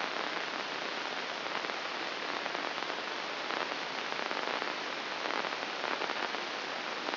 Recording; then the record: brain microelectrode recording played as sound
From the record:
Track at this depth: inside the subthalamic nucleus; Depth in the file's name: 1.606 mm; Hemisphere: right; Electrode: 2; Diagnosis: Parkinson's disease